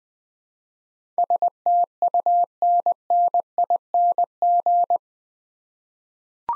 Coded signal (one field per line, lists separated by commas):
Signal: Morse code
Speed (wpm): 20 wpm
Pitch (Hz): 700 Hz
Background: none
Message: STUNNING